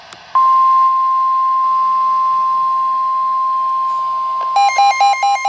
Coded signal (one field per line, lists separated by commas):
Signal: Emergency Alert System (SAME) tones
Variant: 1050 Hz attention tone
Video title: Severe Thunderstorm Warning #5 (EAS #11) (6/11/2023)